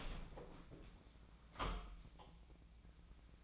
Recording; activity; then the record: daily activity, microphone in the room; open door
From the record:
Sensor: 1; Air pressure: 1009.3 hPa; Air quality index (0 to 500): 188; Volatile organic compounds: 4 ppm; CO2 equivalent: 1586 ppm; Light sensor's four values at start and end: 69/160/72/77 and 70/162/72/78